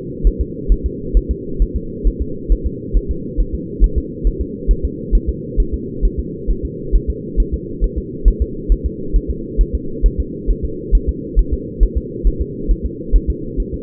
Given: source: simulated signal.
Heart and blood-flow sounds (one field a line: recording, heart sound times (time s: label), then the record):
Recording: fetal heart sounds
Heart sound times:
0.27 s: S1
0.41 s: S2
0.72 s: S1
0.86 s: S2
1.17 s: S1
1.31 s: S2
1.62 s: S1
1.76 s: S2
2.07 s: S1
2.22 s: S2
2.52 s: S1
2.66 s: S2
2.97 s: S1
3.11 s: S2
3.40 s: S1
3.54 s: S2
3.84 s: S1
3.98 s: S2
4.27 s: S1
4.41 s: S2
4.71 s: S1
4.85 s: S2
5.15 s: S1
5.29 s: S2
5.60 s: S1
5.74 s: S2
6.05 s: S1
6.19 s: S2
6.51 s: S1
6.65 s: S2
6.95 s: S1
7.10 s: S2
7.40 s: S1
7.54 s: S2
7.84 s: S1
7.98 s: S2
8.28 s: S1
8.42 s: S2
8.72 s: S1
8.86 s: S2
9.16 s: S1
9.30 s: S2
9.61 s: S1
9.75 s: S2
10.06 s: S1
10.20 s: S2
10.51 s: S1
10.65 s: S2
10.95 s: S1
11.09 s: S2
11.39 s: S1
11.53 s: S2
11.83 s: S1
11.97 s: S2
12.27 s: S1
12.41 s: S2
12.71 s: S1
12.85 s: S2
13.16 s: S1
13.30 s: S2
13.60 s: S1
13.74 s: S2
From the record:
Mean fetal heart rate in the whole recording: 135 bpm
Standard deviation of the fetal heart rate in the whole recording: 3 bpm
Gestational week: 36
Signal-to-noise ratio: -4.3 dB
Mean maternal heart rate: 72 bpm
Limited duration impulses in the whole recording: absent